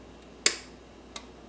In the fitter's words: you hear that click it's unlocked okay